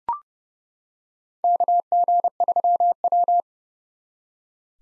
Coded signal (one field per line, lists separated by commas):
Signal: Morse code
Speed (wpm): 30 wpm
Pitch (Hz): 700 Hz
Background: none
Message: KG3W